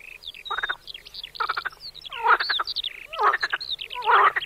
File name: martin zet zaby instalace skokan skrehotavy